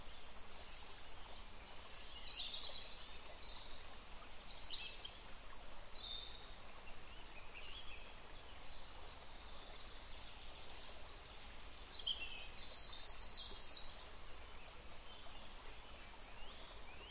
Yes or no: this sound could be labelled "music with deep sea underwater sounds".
no